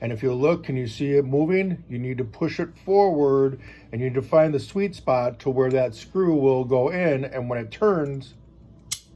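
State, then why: Seated. Someone talks while pushing a small spring-loaded, screw-slotted steel part forward with a screwdriver into a 1911 pistol frame during reassembly, turning it to find the sweet spot. A single sharp click at 8.9 s marks the part popping off the spring and seating in place.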